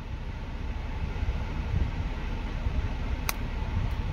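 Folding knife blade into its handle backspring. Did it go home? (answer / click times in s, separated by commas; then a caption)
yes / 3.3 s. A small slip-joint pocket knife blade is opened or closed and snaps into place against the backspring in its handle. Over a steady low rumbling background, one sharp pop is heard at 3.3 s, and the blade is seated.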